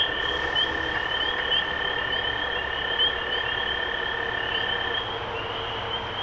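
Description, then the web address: Spring peeper: frog chorus of high peeps, thinner and quieter here, over a steady hum that stops near the end. Recorded 23 March 2012. "rob animals Peepers-2012-0323"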